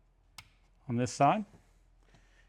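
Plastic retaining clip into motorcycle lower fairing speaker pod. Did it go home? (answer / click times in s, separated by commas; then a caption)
yes / 0.4 s. A plastic retaining clip taken off the old fairing part is pressed into the new liquid-cooled lower fairing speaker pod of a 2014–25 Harley-Davidson Touring motorcycle. One sharp snap at 0.4 s seats the clip, followed by someone talking.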